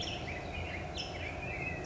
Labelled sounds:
California Towhee (Melozone crissalis)

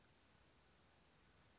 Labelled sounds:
Western Flycatcher (Empidonax difficilis)

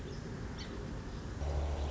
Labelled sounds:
Song Sparrow (Melospiza melodia)

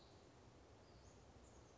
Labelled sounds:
Western Flycatcher (Empidonax difficilis)

